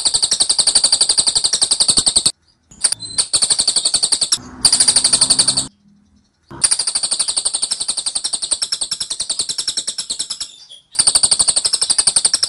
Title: Tembakan Cililin Rapat Ngotot Durasi Panjang Suara Cililin Gacor Untuk Masteran Murai Batu